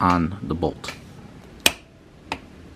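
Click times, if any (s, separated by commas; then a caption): 1.7 s. A click-type torque wrench set to 22.5 ft-lb tightens the steel caliper bolt on a rear brake caliper while someone talks. The wrench gives a sharp click at its setting at 1.7 s, and a second, quieter tick follows at 2.3 s. The bolt reaches its torque.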